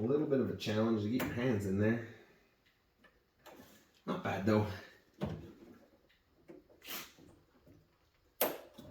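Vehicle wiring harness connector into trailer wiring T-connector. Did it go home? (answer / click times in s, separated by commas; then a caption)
yes / 8.4 s. A plastic vehicle wiring harness connector on a Ford Bronco is pushed into a trailer wiring T-connector while someone talks. There are soft handling sounds, then a sharp click at 8.4 s as the connector seats.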